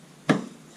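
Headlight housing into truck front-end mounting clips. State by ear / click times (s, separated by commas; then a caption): seated / 0.3 s. A plastic headlight housing on a Dodge Dakota truck, with its bulbs already installed, is pushed into its mounting clips on the truck's front end. A single sharp, loud snap is heard at 0.3 s against a quiet background, and the housing clicks into place and is seated.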